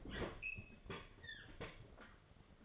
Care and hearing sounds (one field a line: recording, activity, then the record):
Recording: daily activity, microphone in the room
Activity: open fridge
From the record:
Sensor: 4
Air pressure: 1005.5 hPa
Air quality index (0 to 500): 174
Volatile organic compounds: 5 ppm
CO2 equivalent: 1715 ppm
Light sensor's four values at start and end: 6/13/5/4 and 5/11/4/4